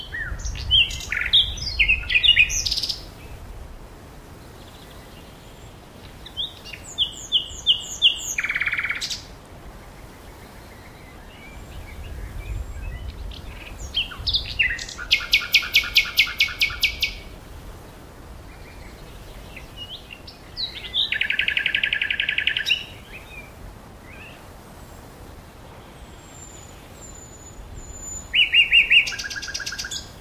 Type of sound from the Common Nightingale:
song